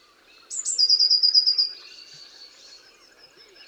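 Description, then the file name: Eurasian blue tit: high introductory notes leading into a rapid, slightly falling trill of several clear notes, then faint background sounds. "Cyanistes caeruleus"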